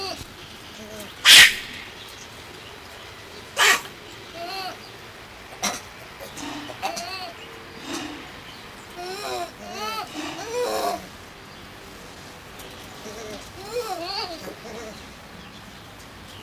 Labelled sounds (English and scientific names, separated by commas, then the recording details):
Lion-tailed Macaque (Macaca silenus) call
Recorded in captivity
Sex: female
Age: adult
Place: Zoo Rostock, Mecklenburg-Vorpommern, DE
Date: 1984-02-03 13:12
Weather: bedeckt, z. T. Regen, 3-5°C
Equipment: Nagra SN, Kopie Uher 4000 Report Monitor
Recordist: Tembrock, Günter